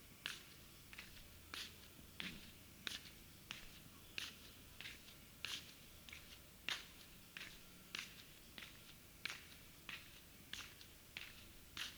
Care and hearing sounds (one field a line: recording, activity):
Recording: daily activity, guitar pickup as the sensor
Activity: walk